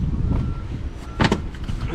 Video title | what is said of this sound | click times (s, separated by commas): Installing EVO catch can | these two little slide ins and it pops right in | 1.2 s, 1.3 s